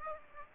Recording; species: mosquito wingbeat signal from an infrared sensor; Aedes aegypti